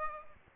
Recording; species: mosquito wingbeat signal from an infrared sensor; Aedes albopictus